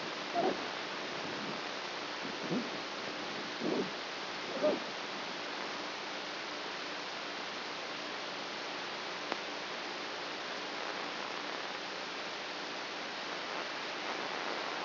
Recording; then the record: brain microelectrode recording played as sound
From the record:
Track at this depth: inside the subthalamic nucleus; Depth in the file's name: 1.805 mm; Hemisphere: right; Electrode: 2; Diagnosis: Parkinson's disease